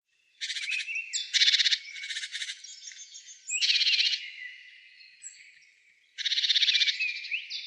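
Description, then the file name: Great tit giving harsh churring calls: rasping, buzzy bursts about half a second long, repeated in irregular runs, with thin high whistled notes and softer chatter between them. "Parus major"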